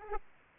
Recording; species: mosquito wingbeat signal from an infrared sensor; Aedes aegypti